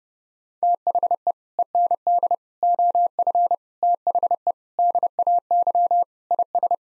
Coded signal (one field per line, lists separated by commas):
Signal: Morse code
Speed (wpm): 30 wpm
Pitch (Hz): 700 Hz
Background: none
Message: THE END OF THE DAY IS